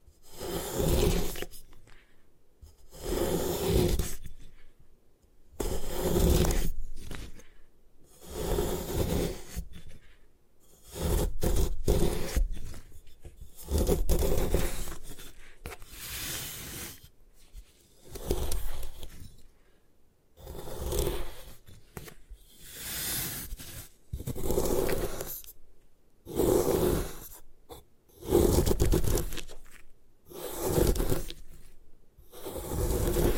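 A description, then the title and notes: Gym chalk is crushed and scraped in a steady run of short, gritty bursts, each lasting about a second, coming roughly every two seconds across the whole half minute. The crunching is full, from a low thud to a bright hiss. ASMR Satisfying Ways to Destroy Gym Chalk (No Talking).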